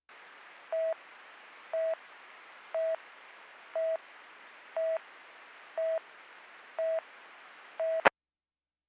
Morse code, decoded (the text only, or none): none